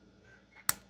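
A second 3D-printed plastic lens is wiggled into the other side of an American Flyer model railroad turnout lantern. Faint handling sounds lead to a single sharp pop at 0.7 s as the lens snaps home and seats. No one talks in the clip.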